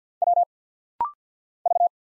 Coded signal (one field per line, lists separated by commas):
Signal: Morse code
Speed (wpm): 50 wpm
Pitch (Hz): 700 Hz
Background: none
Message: W V